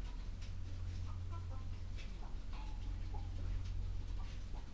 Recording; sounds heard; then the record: poultry house recording; sick chickens (respiratory disease)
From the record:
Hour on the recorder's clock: 11